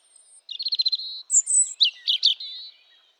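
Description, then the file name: A robin sings a fast, rattling trill of repeated notes, then high squeaky notes and a jumble of liquid twitters that trail off. "Erithacus rubecula"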